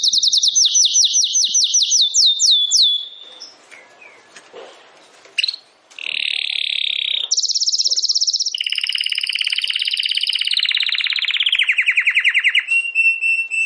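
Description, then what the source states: Domestic canary singing a series of quick falling whistles, a short gap with soft notes, then fast buzzy trills and rolling tours changing pitch several times. Belgian canary (Canário Belga) singing; title gives 'campainha'.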